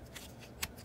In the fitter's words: hear that click dab